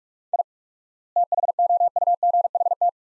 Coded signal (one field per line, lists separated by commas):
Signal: Morse code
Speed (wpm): 46 wpm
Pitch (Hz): 700 Hz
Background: none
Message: I THOUGHT